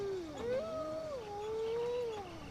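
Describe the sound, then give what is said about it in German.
Wolves howl at night along the Ganges in India, in long, wavering, mid-pitched tones, with two voices gliding up and down and overlapping steadily for a couple of seconds. No deep roar can be made out. “Man konnte das Brüllen von Tigerbären und das Heulen von Wölfen vernehmen.”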